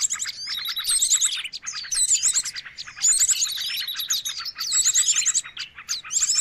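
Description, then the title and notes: Many birds chirp at once, sharp repeated notes and quick trills in pulsing bursts that rise and fall in loudness. Noisy mix of bird calls used as a lure (pikat). "Burung Ribut Pikat"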